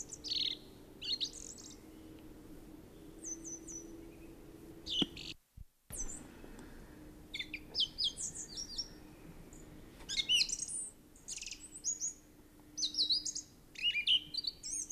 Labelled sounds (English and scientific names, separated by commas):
Song Thrush (Turdus philomelos) song